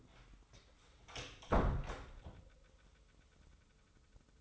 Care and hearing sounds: daily activity, microphone in the room; close door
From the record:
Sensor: 3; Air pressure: 996.1 hPa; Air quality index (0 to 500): 32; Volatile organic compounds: 1 ppm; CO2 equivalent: 596 ppm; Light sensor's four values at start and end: 14/33/14/14 and 14/33/14/14

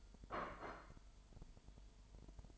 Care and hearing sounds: daily activity, microphone in the room; place plate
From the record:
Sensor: 5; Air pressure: 1002.1 hPa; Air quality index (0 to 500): 224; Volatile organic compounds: 28 ppm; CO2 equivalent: 2910 ppm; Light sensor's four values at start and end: 10/24/10/11 and 10/24/10/11

